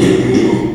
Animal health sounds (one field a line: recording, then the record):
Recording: squeal of a Yucatan mini pig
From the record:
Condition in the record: after surgery on the right vocal fold (resection and tissue-engineered implant)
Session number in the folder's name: 2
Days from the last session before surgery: 13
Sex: male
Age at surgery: 12 weeks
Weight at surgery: 13 kg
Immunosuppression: cyclosporine, prednisolone